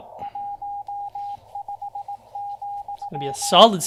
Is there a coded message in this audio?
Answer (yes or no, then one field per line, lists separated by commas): yes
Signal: Morse code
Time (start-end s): 0.2-3.6 s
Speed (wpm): 18 wpm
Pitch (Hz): 810 Hz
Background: speech, radio noise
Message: 15,